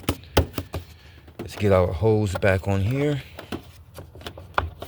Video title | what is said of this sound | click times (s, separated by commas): 2010 Dodge Charger 5.7L air filter REPLACEMENT | until it snaps in like that. | 0.4 s